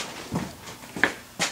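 The power cord plug of a Logan lathe is pushed into a wall outlet, giving one sharp hit at 1.0 s as it seats. A softer low thump comes before it and a brief broadband burst follows near the end.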